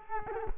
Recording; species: mosquito wingbeat signal from an infrared sensor; Culex quinquefasciatus